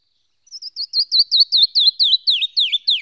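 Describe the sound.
Bird song: a run of many high whistled notes, each a swooping slur, descending steadily in pitch and growing louder after the first few.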